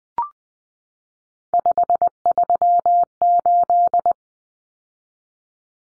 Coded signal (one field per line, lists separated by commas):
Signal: Morse code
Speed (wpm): 20 wpm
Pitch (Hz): 700 Hz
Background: none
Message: 538